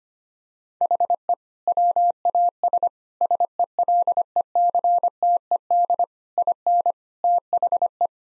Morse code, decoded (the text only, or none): HE WAS SELECTED IN THE